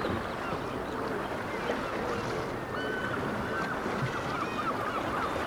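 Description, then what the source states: Black-legged kittiwakes giving scattered nasal calls, a few clearer arched notes rising above a constant rushing noise. Several kittiwakes recorded at Dunbar.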